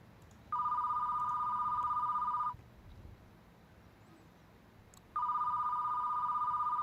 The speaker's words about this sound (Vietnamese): Đang do dự không biết là có nên xuống mua hay không thì tiếng điện thoại reo. Là số máy bàn.